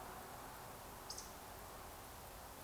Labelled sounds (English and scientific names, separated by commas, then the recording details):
Eurasian Woodcock (Scolopax rusticola) whistle
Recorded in Baden-Württemberg, Germany, on 28 May 2021 at 20:04 UTC
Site 46435, 986 m above sea level